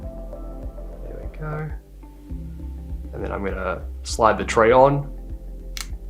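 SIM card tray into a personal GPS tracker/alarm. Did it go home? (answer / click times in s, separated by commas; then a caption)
yes / 5.8 s. A SIM tray holding an inserted SIM card is slid into the plastic body of a personal GPS tracker/alarm and pushed until it clicks locked into place at 5.8 s, confirming the SIM is in. Someone talks over soft music and a low hum, and the sharp, brief click stands out near the end.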